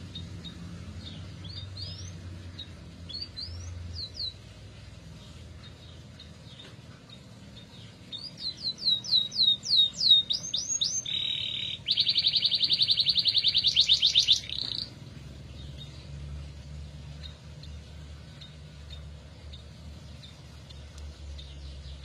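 A canary gives scattered high chirps, then sings a rapid burst with a buzzy trill around 8–15 seconds over a steady low rumble.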